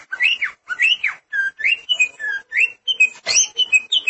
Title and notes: Suara Kicauan Burung Cucak Ijo